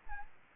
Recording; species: mosquito wingbeat signal from an infrared sensor; Aedes aegypti